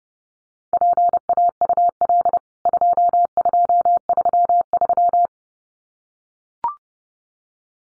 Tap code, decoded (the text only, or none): none